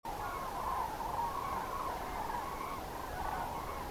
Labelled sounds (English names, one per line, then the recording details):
Common Crane
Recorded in France